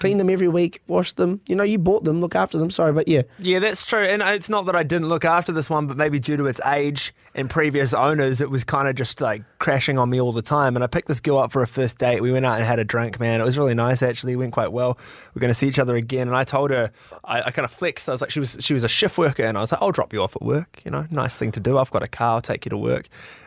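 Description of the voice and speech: A man tells a casual first-date story in fluent, relaxed conversational speech, with no stuttering, tics or slurring.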